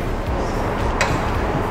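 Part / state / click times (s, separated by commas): bin or bag holder hooked back onto a street-sweeping cart / seated / 1.0 s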